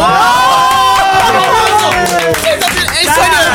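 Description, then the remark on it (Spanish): Loud applause with a crowd cheering and shouting over it, steady clapping running throughout alongside excited voices for a few seconds. “¡Hay aplausos!”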